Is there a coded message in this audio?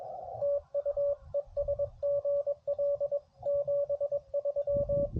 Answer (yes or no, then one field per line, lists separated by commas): yes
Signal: Morse code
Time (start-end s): 0.4-5.1 s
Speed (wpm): 21 wpm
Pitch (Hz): 570 Hz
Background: radio noise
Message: TU ES GL 73